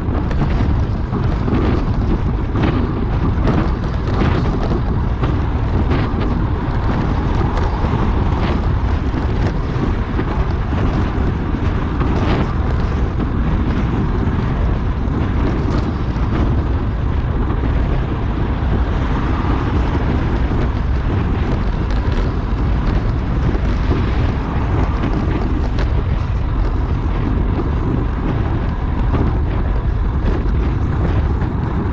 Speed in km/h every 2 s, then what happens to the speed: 36, 37, 37, 39, 41, 43, 46, 46, 47, 47, 48, 47, 46, 46, 44, 44.
0-19 speeds up to 48. 19-32 steady at about 46.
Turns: none.